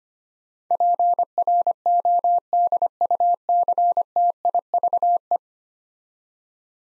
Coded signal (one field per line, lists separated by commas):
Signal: Morse code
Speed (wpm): 25 wpm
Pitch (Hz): 700 Hz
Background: none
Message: PRODUCTIVE